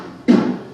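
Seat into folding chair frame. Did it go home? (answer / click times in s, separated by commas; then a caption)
yes / 0.3 s. A folding chair's removable seat is put back and popped into the chair frame. A single sharp hit at 0.3 s marks the seat going home, and its low-pitched thud fades over about a fifth of a second. The seat is seated in the frame.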